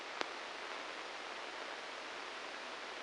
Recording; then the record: brain microelectrode recording played as sound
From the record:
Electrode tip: inside the subthalamic nucleus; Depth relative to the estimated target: 4 mm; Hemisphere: right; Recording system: NeuroSet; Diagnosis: Parkinson's disease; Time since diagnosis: 9 years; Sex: male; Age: 56 years